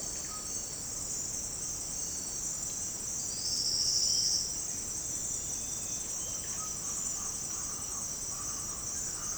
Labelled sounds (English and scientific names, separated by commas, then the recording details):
none
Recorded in secondary vegetation near Puerto Asís, Putumayo, Colombia, on 21 March 2025 at 08:00
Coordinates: 0.502, -76.326
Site G100